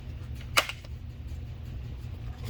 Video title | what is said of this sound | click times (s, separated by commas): 2022 Pallisade Door Lock Actuator Replacement - Full Version | So, the white plastic bracket slides into those notches. and snaps into place. | 0.7 s